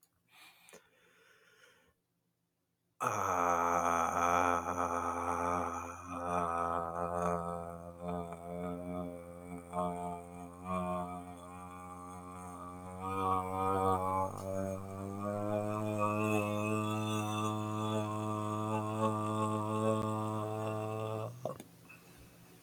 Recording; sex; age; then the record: vowel held as long as possible; male; 20 to 29 years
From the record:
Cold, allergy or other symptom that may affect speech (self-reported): no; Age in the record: 24 years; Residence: North Carolina, United States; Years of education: 17